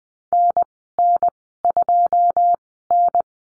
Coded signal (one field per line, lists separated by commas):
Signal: Morse code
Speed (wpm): 20 wpm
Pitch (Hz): 700 Hz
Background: none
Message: NN2N